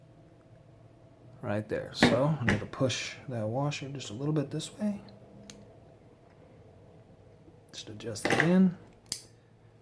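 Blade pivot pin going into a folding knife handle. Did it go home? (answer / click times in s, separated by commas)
yes / 9.1 s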